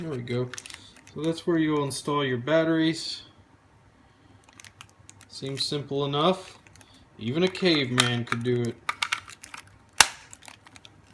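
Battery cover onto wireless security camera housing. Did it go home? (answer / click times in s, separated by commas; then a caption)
yes / 10.0 s. Someone talks while handling a Blink wireless security camera, with small plastic clicks and taps along the way. The plastic back cover is pressed back on over the battery compartment and snaps into place with a sharp click at 10.0 s, seating the cover.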